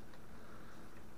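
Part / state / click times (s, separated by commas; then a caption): folding bayonet locking into its latch on a carbine / not seated / none. A flip-style folding bayonet, a little loose, is being moved into position on a steel M91 Carcano cavalry carbine. Only faint handling noise over a steady low background is heard, with a brief sharp rise at the very end. The bayonet has not locked or clicked into its latch yet.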